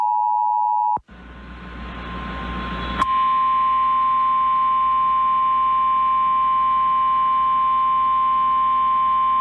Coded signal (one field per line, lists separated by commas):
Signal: Emergency Alert System (SAME) tones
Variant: 853 and 960 Hz attention tone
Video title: EAS 3x Tornado Watch #9 North Carolina NOAA Weather Radio/EMNET (WERO-FM) +WeatherSTAR4000